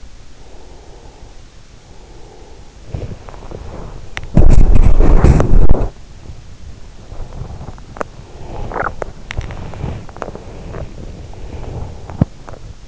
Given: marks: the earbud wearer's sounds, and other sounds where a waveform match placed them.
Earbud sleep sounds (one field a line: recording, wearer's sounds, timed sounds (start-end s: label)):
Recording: sounds in sleep by an in-ear microphone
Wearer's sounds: breath, body movement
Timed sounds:
0.22-2.82 s: breath
3.16-12.88 s: body movement